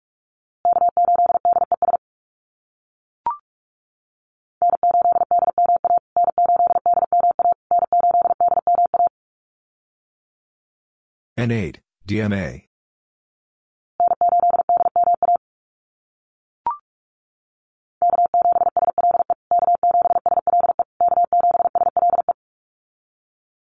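A callsign tapped out in Morse code on a steady mid-pitched tone, keyed in rapid dots and dashes in several groups with pauses between. Two short clicks fall in the gaps, and around the midpoint a brief, bright warbling sweep interrupts the tones.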